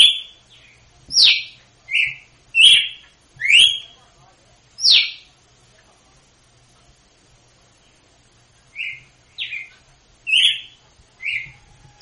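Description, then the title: Red-cowled cardinal singing a quick cluster of clear whistled slurs, then a pause of several seconds, then more notes. Female song of the açoite type, used to teach young birds; Northeast Brazil song style. "Canto Galo Campina Fêmea. GALO DE CAMPINA/ AÇOITE PARA ENSINAR FILHOTE (CANTO DO NORDESTE)"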